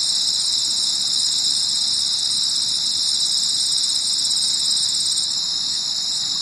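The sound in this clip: Cricket chorus, a steady shrill trilling made of rapid pulses, unbroken from start to finish with no other clear sounds.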